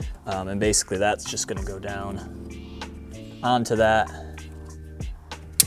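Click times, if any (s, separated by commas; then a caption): 5.6 s. Someone talks while pushing the shorter hose's 45° quick-connect fitting down onto its engine port. A loud, sharp click is heard at 5.6 s as the fitting seats onto the port.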